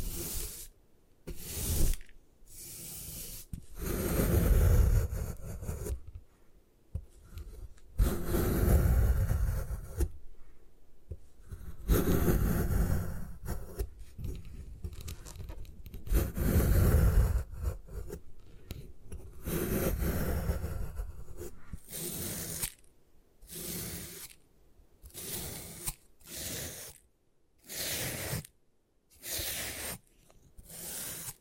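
Gym chalk being destroyed, with long gritty scraping and crumbling passes in the first half, some with dull low thuds underneath. After about twenty seconds the sound breaks into short, sharp crunching bursts separated by brief silences, repeating roughly every second.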